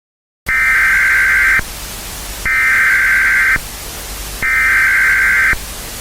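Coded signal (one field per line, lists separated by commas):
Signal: Emergency Alert System (SAME) tones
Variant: header bursts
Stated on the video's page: Fake tornado emergency alert scenario, not a real broadcast.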